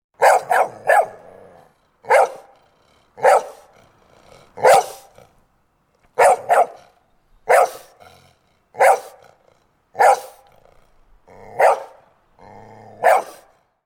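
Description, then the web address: Dog barking: loud, harsh barks, a quick triple at the start, then more barks roughly every one to one and a half seconds. "Ian Hubball Dog Bark"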